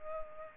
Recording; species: mosquito wingbeat signal from an infrared sensor; Culex pipiens